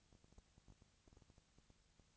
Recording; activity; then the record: daily activity, microphone in the room; no activity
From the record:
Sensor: 3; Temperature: 20.4 degrees Celsius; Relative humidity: 34.4%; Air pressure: 996.9 hPa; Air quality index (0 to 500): 205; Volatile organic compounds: 68 ppm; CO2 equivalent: 3504 ppm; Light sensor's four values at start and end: 2/3/2/2 and 2/3/2/2